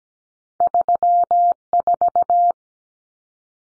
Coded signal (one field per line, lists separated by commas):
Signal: Morse code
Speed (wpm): 17 wpm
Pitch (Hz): 700 Hz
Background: none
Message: 34